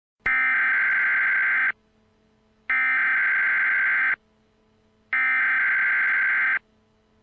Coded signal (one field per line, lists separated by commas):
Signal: Emergency Alert System (SAME) tones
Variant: header bursts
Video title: Tornado Emergency EAS Mock - Lake City, Arkansas (Real alerts)